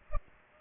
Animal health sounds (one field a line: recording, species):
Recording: mosquito wingbeat signal from an infrared sensor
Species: Culex pipiens